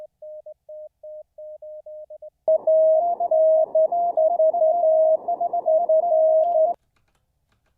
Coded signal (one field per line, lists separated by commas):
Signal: Morse code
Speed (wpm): 11 wpm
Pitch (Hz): 640 Hz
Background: none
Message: ANV F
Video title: How To Learn Morse Code LIVE with N0SSC (Day 26)